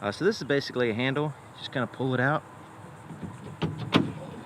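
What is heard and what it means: Someone talks while pulling the removable fold-out bed side step out by its handle from the truck bed rail of a 2022-2025 Nissan Frontier Pro-4X. Brief handling knocks sound at about 3.6 s and 4.0 s. The step has not yet been lifted and locked, so nothing has seated or clicked.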